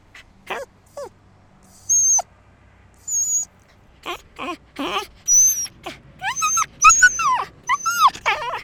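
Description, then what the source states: Dog: high thin yelps and whines, sparse at first, then coming faster and overlapping toward the end. More than one dog, yelping.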